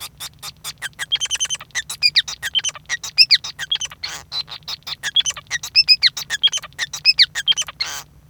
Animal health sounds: song of a male Bengalese finch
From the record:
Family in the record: son of father 5

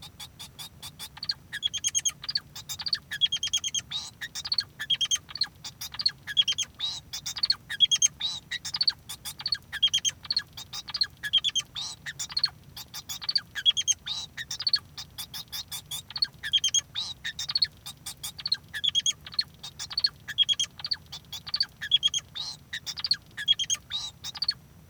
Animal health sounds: song of a male Bengalese finch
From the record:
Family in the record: son of father 2

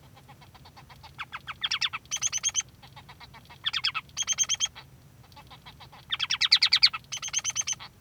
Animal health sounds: song of a male Bengalese finch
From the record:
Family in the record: son of father 3

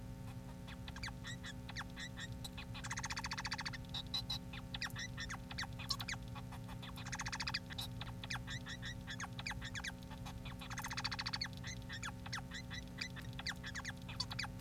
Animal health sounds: song of a male Bengalese finch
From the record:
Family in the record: son of father 4

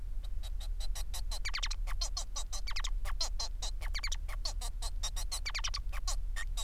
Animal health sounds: song of a male Bengalese finch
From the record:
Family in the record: son of father 4

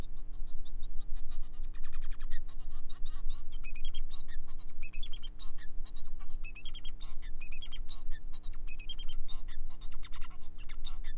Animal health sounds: song of a male Bengalese finch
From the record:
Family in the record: son of father 4

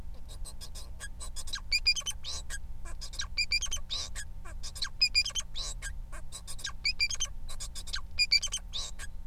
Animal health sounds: song of a male Bengalese finch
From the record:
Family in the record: son of father 4

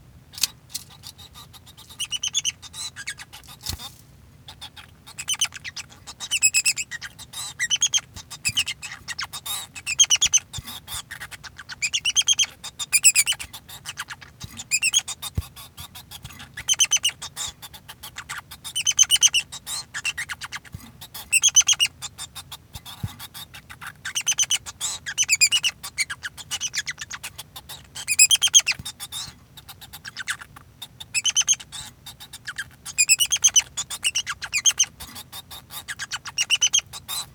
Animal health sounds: song of a male Bengalese finch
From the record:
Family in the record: son of father 2

